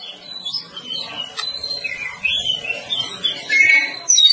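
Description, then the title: Oriental magpie-robin song: a rapid stream of varied whistles and chattering notes, some rising and falling, over a low background rumble. Long-duration recording. "Kacer"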